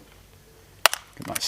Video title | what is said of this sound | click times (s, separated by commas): Ultimateaddons Universal Motorcycle Phone Mount Case Fitting! | satisfying click | 0.9 s